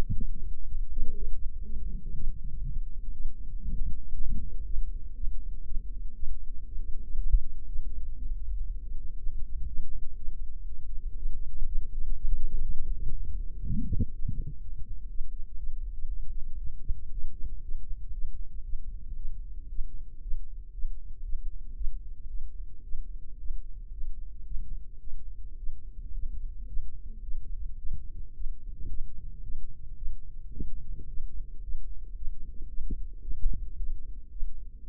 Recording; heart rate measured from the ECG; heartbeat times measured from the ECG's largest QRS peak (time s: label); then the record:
heart sounds by microphone in the left ear; 116 bpm
0.16 s: heartbeat
0.65 s: heartbeat
1.14 s: heartbeat
1.63 s: heartbeat
2.14 s: heartbeat
2.64 s: heartbeat
3.12 s: heartbeat
3.62 s: heartbeat
4.12 s: heartbeat
4.64 s: heartbeat
5.14 s: heartbeat
5.64 s: heartbeat
6.14 s: heartbeat
6.65 s: heartbeat
7.16 s: heartbeat
7.66 s: heartbeat
8.15 s: heartbeat
8.66 s: heartbeat
9.17 s: heartbeat
9.66 s: heartbeat
10.15 s: heartbeat
10.65 s: heartbeat
11.15 s: heartbeat
11.66 s: heartbeat
12.15 s: heartbeat
12.64 s: heartbeat
13.14 s: heartbeat
13.64 s: heartbeat
14.13 s: heartbeat
14.61 s: heartbeat
15.08 s: heartbeat
15.57 s: heartbeat
16.06 s: heartbeat
16.58 s: heartbeat
17.10 s: heartbeat
17.62 s: heartbeat
18.12 s: heartbeat
18.63 s: heartbeat
19.15 s: heartbeat
19.69 s: heartbeat
20.21 s: heartbeat
20.72 s: heartbeat
21.23 s: heartbeat
21.74 s: heartbeat
22.27 s: heartbeat
22.83 s: heartbeat
23.38 s: heartbeat
23.91 s: heartbeat
24.44 s: heartbeat
25.00 s: heartbeat
25.57 s: heartbeat
26.13 s: heartbeat
26.66 s: heartbeat
27.21 s: heartbeat
27.77 s: heartbeat
28.34 s: heartbeat
28.88 s: heartbeat
29.41 s: heartbeat
29.95 s: heartbeat
30.51 s: heartbeat
31.07 s: heartbeat
31.61 s: heartbeat
32.14 s: heartbeat
32.67 s: heartbeat
33.20 s: heartbeat
33.76 s: heartbeat
34.30 s: heartbeat
34.82 s: heartbeat
From the record:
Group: healthy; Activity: rest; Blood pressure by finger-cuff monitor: 132/65 mmHg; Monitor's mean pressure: 86 mmHg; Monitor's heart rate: 118 bpm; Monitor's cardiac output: 8.9 L/min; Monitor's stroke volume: 77 mL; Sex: male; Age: 22 years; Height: 181 cm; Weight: 60 kg